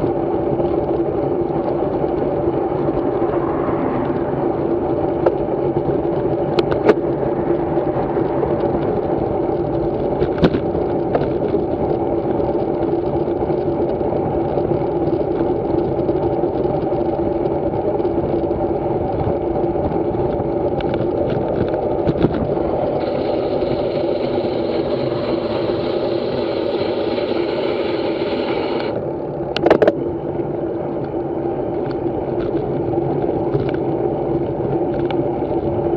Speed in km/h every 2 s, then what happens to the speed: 30, 32, 34, 33, 34, 35, 36, 36, 36, 35, 30, 25, 16, 18, 23, 26, 27, 30.
0-17 steady at about 34. 17-24 slows to 16. 24-36 speeds up to 30.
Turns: none.